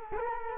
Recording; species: mosquito wingbeat signal from an infrared sensor; Culex quinquefasciatus